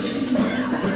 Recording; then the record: coughing mixed with background sound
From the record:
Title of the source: Spring Cold Coughing 3